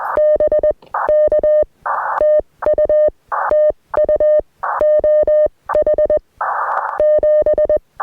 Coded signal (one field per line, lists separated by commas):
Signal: Morse code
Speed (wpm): 21 wpm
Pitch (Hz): 610 Hz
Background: none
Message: BK TU TU OH 7